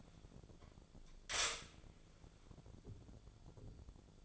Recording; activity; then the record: daily activity, microphone in the room; stop toaster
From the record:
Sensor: 5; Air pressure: 1000.4 hPa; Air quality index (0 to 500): 130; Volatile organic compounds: 2 ppm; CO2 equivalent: 1024 ppm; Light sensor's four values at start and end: 80/187/80/86 and 80/188/80/86